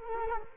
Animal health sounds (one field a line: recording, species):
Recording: mosquito wingbeat signal from an infrared sensor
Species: Culex quinquefasciatus